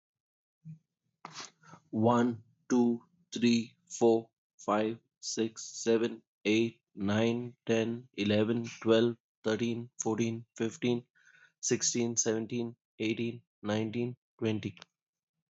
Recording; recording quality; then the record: counting at a normal pace; moderate, slight background noise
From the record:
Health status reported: healthy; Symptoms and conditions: diabetes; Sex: male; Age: 39 years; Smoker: yes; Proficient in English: yes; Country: India